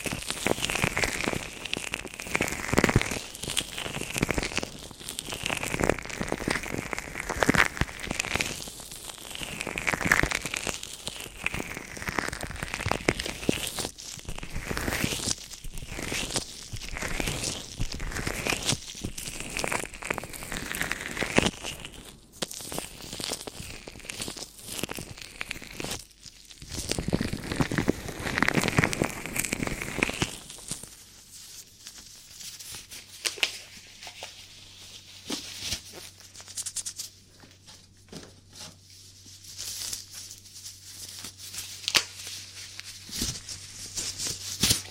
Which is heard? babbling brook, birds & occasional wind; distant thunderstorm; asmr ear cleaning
asmr ear cleaning